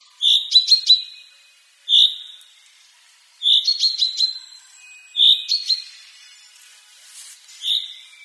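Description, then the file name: Common chaffinch: short bright high notes given every second or two, some followed by quick rattling ticks. "Fringilla coelebs"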